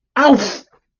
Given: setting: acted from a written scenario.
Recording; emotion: vocal sound without words; anger